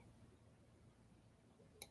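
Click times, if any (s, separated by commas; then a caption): 1.8 s. A movable acrylic piece on a vintage item, which is loose by design rather than broken, is pushed back under its C-shaped clasp over a quiet low rumble. It snaps in with a single sharp, bright click at 1.8 s, seating it.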